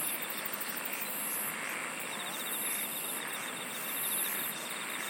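Insects chirp and hiss in a continuous chorus; a rapid high trill runs through, with scattered very high buzzes and ticks.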